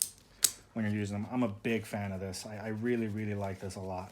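A backpack strap's magnetic buckle, with an aluminum top piece and a plastic housing, is closed and clicks shut at 0.0 s with a sharp, bright snap, followed by another sharp click around 0.5 s. Someone then talks for the rest of the clip.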